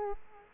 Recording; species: mosquito wingbeat signal from an infrared sensor; Culex quinquefasciatus